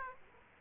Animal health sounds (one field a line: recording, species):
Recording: mosquito wingbeat signal from an infrared sensor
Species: Aedes aegypti